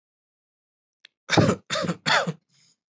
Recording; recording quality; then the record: shallow voluntary cough; excellent, no background noise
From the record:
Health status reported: healthy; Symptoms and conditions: none ticked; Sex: male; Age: 25 years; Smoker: yes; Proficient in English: yes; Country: India